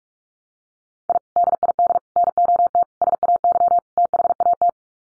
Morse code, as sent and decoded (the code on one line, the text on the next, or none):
.. / -.. .. -.. / -. --- - / ... .- -.-- / - .... .- -
I DID NOT SAY THAT